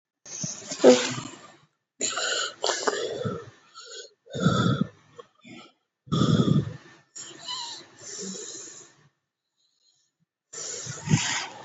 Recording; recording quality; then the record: shallow breathing; excellent, no background noise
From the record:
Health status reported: COVID-19 positive, mild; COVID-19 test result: positive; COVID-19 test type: RT-PCR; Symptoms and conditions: cough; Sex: male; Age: 33 years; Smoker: no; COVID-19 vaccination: one dose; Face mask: not worn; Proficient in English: yes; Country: India